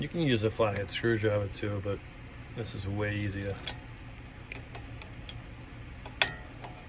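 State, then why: Seated. Someone talks while a metal retaining clip is pushed onto a bridge bolt of a Wilwood front big brake caliper on a RAM 1500, by hand or with a tool. A few light ticks follow, then a loud, sharp snap at 6.2 s as the clip clicks in and seats on the bolt.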